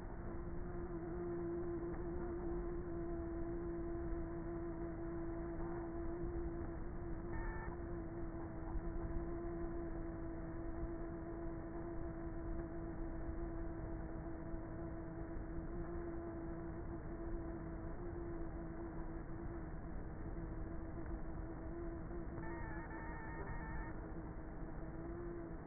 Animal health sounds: honeybee colony, microphone inside the hive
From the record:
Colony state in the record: queenless with a low population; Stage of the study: before two queens were removed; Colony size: about 30,000 bees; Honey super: no

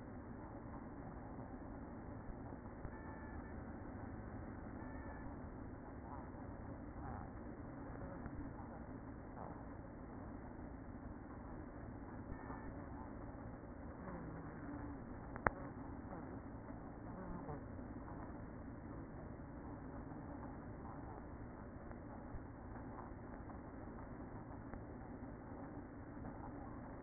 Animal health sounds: honeybee colony, microphone inside the hive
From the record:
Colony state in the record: queen present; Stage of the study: after two queens were removed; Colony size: about 60,000 bees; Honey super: yes

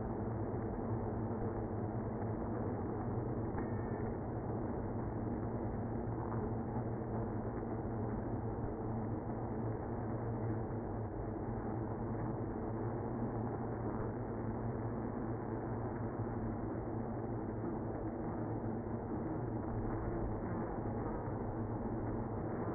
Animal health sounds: honeybee colony, microphone inside the hive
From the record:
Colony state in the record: queenless (queen removed); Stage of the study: after two queens were removed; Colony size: about 60,000 bees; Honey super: yes

